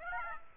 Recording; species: mosquito wingbeat signal from an infrared sensor; Aedes aegypti